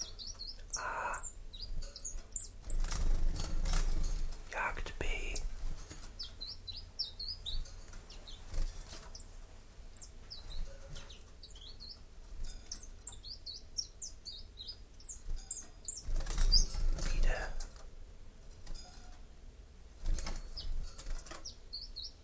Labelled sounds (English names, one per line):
Common Chiffchaff song